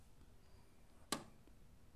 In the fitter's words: piece up. You'll hear it click and then the processor comes out.